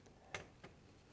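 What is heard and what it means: A twin-lever capper presses a metal crown cap onto a glass beer bottle, giving a sharp, bright snap at 0.3 s, with a faint tick just before and a softer click at about 0.6 s. The cap crimps and seats on the bottle, leaving it capped.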